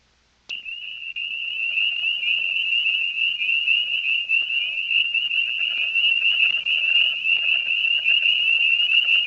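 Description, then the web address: Tree frog trilling: after half a second of quiet a continuous, very rapid pulsed trill starts and holds steady at a high pitch, with softer buzzy sounds underneath. "frogs Family Hylidae"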